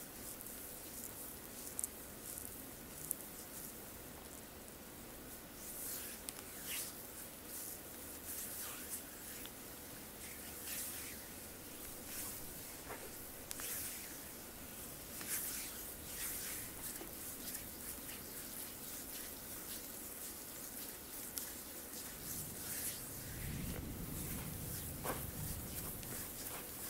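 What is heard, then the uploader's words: A full body massage: steady brushing and rubbing strokes of hands on skin, with frequent soft swishes and a few sharper slaps or taps. A low soft rumble rises briefly near the end, under a faint constant hiss. ASMR FULL BODY massage.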